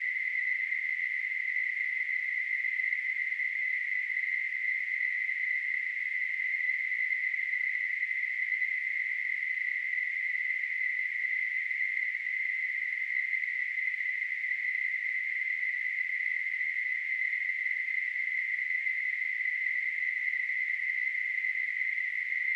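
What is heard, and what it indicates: Simulated tinnitus: a steady, narrow band of hissing noise centred near 2 kHz, constant in loudness throughout, with no low-frequency content.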